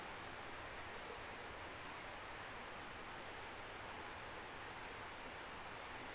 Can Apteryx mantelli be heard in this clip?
no